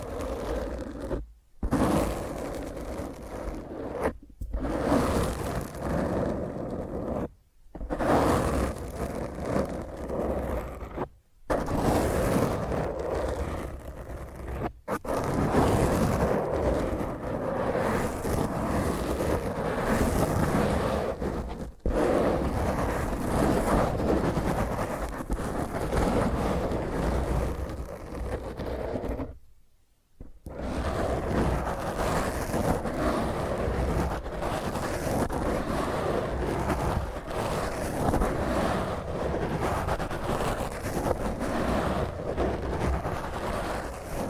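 Rough, intense scratching of hand and nails against a microphone, a dense grinding noise that sounds like wind buffeting. It runs in loud bursts separated by short silent breaks every few seconds early on. A longer pause comes around thirty seconds before steady scraping resumes.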